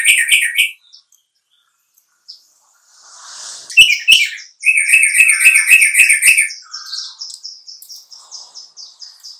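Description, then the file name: Bulbul song, bright chirping notes in short rapid bursts, then a dense chattering run and a trailing series of thin high notes. "suara kutilang trucukan"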